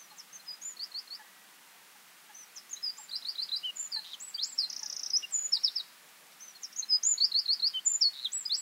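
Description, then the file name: Eurasian wren singing high, fast trilled phrases separated by short pauses, over a faint background hiss. "Troglodytes troglodytes"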